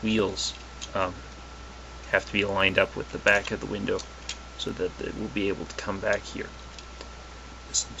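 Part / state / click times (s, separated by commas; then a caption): plastic wheel section into the body of a transforming toy figure / seated / 6.8 s, 7.0 s, 8.0 s. Someone talks while lining up the wheels of a plastic Warpath transforming toy car (TFTM, 2008 Target Exclusive) with the back of the window and pushing the wheel section into the body for vehicle mode. Small plastic clicks come at 6.8, 7.0 and 8.0 seconds as the part goes in smoothly and locks into place.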